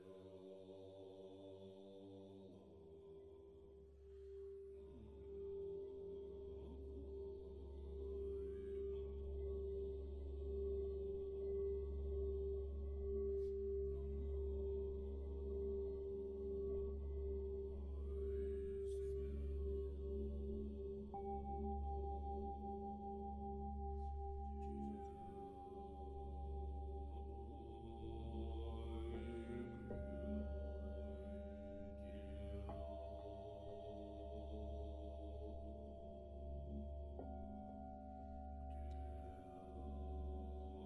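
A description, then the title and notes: Buddhist chanting and singing bells form a steady, humming drone, with a deep low hum running under the whole recording and a sustained middle tone held through the first half. Clear ringing tones enter around 21 seconds and shift in pitch near 30 and 37 seconds. Meditation on Reality - with Buddhist Chants and Singing Bells.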